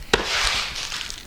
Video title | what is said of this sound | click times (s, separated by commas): Royal Portable Toilet 20Ltr Capacity | that's it locked back efficient so now we're ready for use and | 0.1 s